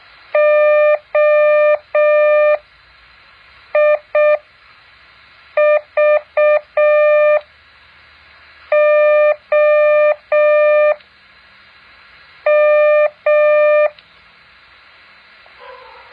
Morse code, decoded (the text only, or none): OIVOM